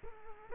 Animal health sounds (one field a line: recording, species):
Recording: mosquito wingbeat signal from an infrared sensor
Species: Culex quinquefasciatus